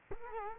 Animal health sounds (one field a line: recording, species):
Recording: mosquito wingbeat signal from an infrared sensor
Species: Culex quinquefasciatus